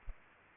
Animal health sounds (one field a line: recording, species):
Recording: mosquito wingbeat signal from an infrared sensor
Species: Aedes aegypti